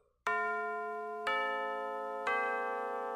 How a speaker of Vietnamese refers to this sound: Đồng hồ quả lắc nhà ông Thành vang lên điểm đúng 3 giờ.